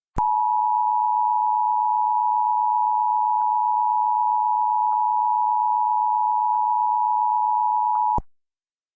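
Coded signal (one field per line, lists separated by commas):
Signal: Emergency Alert System (SAME) tones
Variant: 853 and 960 Hz attention tone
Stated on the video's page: Simulated (mock) Emergency Alert System alert for severe storms.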